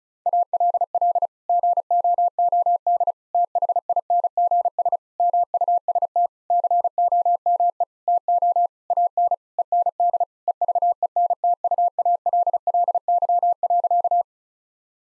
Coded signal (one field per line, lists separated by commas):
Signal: Morse code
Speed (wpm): 36 wpm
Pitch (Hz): 700 Hz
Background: none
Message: ALL GOOD THINGS MUST COME TO AN END EVENTUALLY.